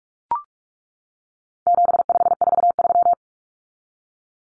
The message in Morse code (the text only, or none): 7543